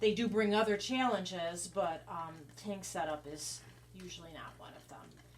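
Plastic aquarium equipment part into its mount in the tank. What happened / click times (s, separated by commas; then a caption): Handled, not yet home: no seating click heard / none. During a quick setup of a small dwarf seahorse tank, someone talks while handling a plastic aquarium equipment part about to be pushed into its mount in the tank. Only speech is heard, and the part has not seated or clicked into place yet.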